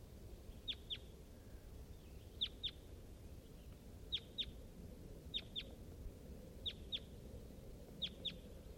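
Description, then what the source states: Crossbill calling in repeated doubled chips, sharp and high, a pair every second or two, with low-pitched background noise throughout. Wild bird calling from close range near a net site on top of a hill, around 9:35 a.m.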